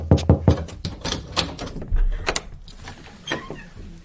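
A door is worked open with a run of sharp clicks and rattles, followed by a low scraping rumble and a few softer knocks as it settles.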